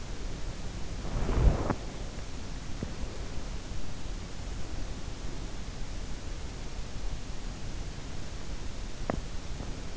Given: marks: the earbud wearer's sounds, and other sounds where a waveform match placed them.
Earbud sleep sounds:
sounds in sleep by an in-ear microphone; breath, teeth grinding
0.00-2.37 s: breath
8.81-9.45 s: teeth grinding

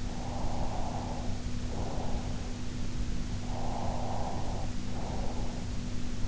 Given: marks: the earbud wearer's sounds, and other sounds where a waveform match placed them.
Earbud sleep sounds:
sounds in sleep by an in-ear microphone; breath
0.08-2.58 s: breath
3.55-5.74 s: breath

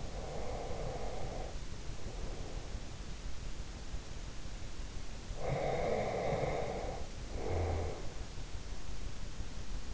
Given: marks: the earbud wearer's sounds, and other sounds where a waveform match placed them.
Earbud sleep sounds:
sounds in sleep by an in-ear microphone; breath
0.00-2.91 s: breath
5.32-8.29 s: breath

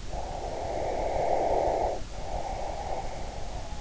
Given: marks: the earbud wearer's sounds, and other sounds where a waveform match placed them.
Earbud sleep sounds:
sounds in sleep by an in-ear microphone; breath
0.07-3.49 s: breath

